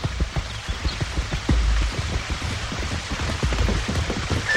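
A horse's hooves pound rapidly in a steady, rumbling gallop, a dense stream of heavy thuds with a gritty, rain-like texture, loud and continuous throughout with no voices.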